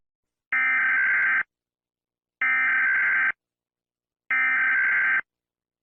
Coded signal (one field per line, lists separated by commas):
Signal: Emergency Alert System (SAME) tones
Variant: header bursts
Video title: 4 Minutes • An EAS Short